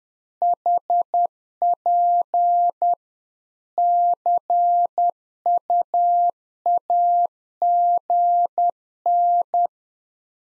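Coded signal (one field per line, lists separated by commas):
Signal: Morse code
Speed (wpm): 10 wpm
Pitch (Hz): 700 Hz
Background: none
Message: HP CUAGN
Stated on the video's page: Practice QSO ending segment (pleasantries, 73) at 10 wpm for head-copy, sent in Morse, then spoken, then sent again; used in CW club QSO classes.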